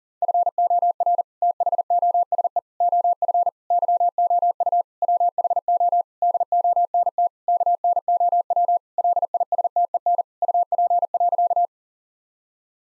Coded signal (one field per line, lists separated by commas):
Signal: Morse code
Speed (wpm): 40 wpm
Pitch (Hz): 700 Hz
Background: none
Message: FOR THOSE OF YOU WHO DONT KNOW LISTEN UP.